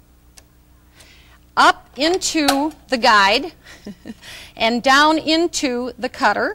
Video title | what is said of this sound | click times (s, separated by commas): Husqvarna Viking Freesia 425 and 415 | and Slide the thread into that tension spring and over to the left and you'll actually hear hear it click | 0.4 s